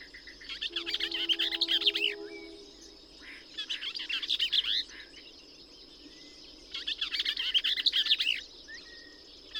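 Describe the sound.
Bell's vireo song of jumbled, buzzy, chattering phrases repeated with gaps, heard over a noisier background with a low droning tone and a steady high hum.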